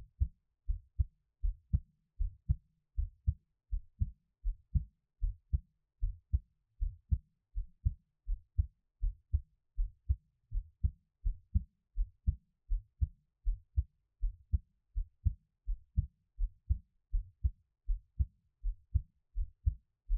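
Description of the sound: Steady, regular low thumping heartbeat of an adult at about 80 beats per minute, with clear lub-dub sounds, heard up close with no talking.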